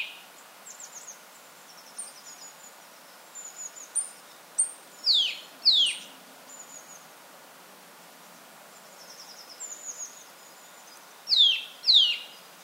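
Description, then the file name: Eurasian nuthatch calling in pairs of steep falling notes, twice, amid scattered high ticks and soft trills. "Sitta europaea"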